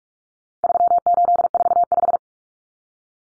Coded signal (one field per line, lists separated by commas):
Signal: Morse code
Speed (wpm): 44 wpm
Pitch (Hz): 700 Hz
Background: none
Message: 3845